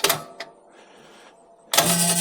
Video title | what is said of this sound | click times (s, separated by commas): NAKTO Bike Rack…A 44 lb. POWERHOUSE! A Budget Friendly LIGHTWEIGHT…SUPER EASY to USE Bike Rack! | and it's locked into place you can hear that click | 1.7 s